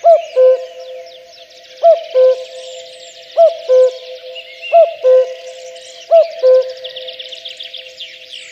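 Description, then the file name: Common cuckoo calling a clear, low two-note cu-coo, the second note lower, repeated about every one and a half seconds over a busy chorus of high-pitched songbirds. "kakukk hangja"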